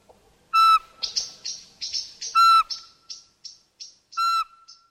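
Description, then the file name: Eurasian pygmy owl giving loud, piping whistles about every two seconds, with thin, high chirps in between. "Sperlingskauz"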